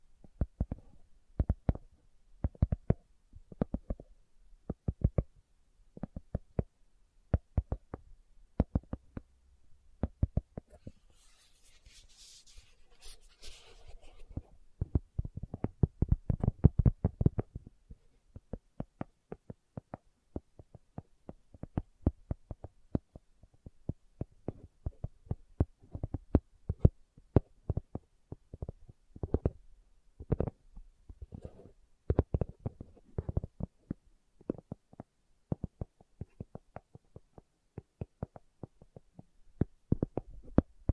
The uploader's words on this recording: ASMR Slow Tapping for Deep Sleep (No Talking).